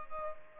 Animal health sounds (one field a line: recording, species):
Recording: mosquito wingbeat signal from an infrared sensor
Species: Culex pipiens